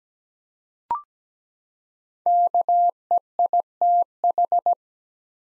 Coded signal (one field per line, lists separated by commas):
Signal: Morse code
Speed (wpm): 17 wpm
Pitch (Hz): 700 Hz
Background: none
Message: KEITH